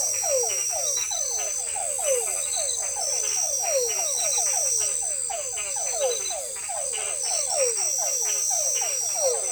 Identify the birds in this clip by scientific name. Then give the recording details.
none. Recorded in forest near Pivijay, Magdalena, Colombia, on 18 April 2023 at 22:30. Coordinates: 10.467, -74.380. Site Z5-G034